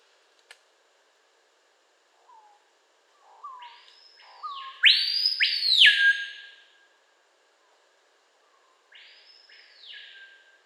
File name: Lipaugus vociferans